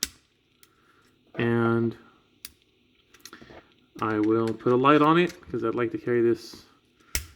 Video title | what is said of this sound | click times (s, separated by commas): Holster for M&P Shield with shr9 and Olight min 2 | Oh, that didn't snap in. | none